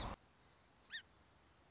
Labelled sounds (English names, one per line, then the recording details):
Song Sparrow
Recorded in Sonoma County, California